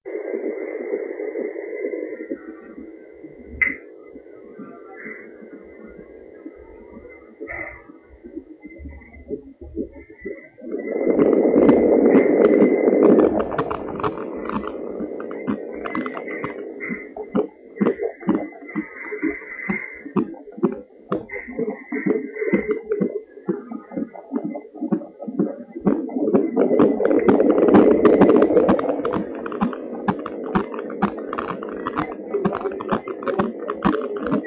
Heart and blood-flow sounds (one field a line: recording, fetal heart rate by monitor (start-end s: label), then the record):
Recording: fetal heart sounds by stethoscope on the mother's abdomen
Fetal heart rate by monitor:
0.00-10.00 s: 126 bpm
10.00-20.00 s: 127 bpm
20.00-30.00 s: 131 bpm
30.00-34.47 s: 125 bpm
From the record:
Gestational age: 38 weeks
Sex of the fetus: girl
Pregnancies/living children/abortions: 2/1/0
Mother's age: 36 years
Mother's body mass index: 30.4